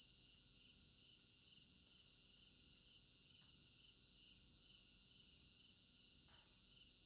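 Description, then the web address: Continuous cricket chirping, a high shimmering trill over a slower pulsing beat, with two brief faint sounds partway through. Crickets in an African village garden at night; stereo binaural recording. "African-Village Garden Night Crickets Stereo-Binaural. immersive sound library"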